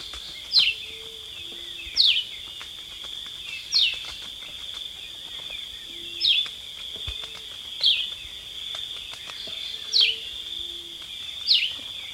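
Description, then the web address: Red-eyed vireo repeating brief falling whistled phrases at uneven intervals of about one and a half to two and a half seconds, seven in all, against a continuous buzzing insect chorus. Recorded in Ecuador. "Birds of Ecuador. Red-eyed Vireo"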